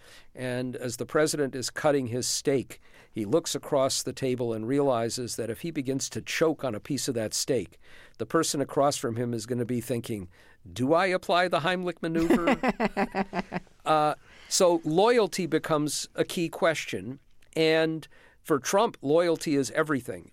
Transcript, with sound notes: And as the president is cutting his steak, he looks across the table and realizes that if he begins to choke on a piece of that steak, the person across from him is going to be thinking, do I apply the Heimlich maneuver?
(Laughter).
So loyalty becomes a key question. And for Trump, loyalty is everything.